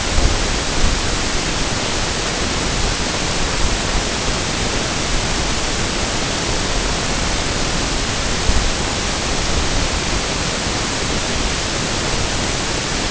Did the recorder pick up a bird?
no